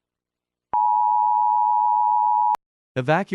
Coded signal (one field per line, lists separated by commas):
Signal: Emergency Alert System (SAME) tones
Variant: 853 and 960 Hz attention tone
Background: speech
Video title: SCP EAS ￼